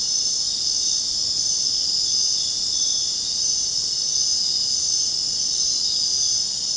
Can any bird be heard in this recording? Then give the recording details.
no. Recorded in dense forest near Puerto Asís, Putumayo, Colombia, on 22 June 2025 at 21:00. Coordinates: 0.499, -76.324. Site G100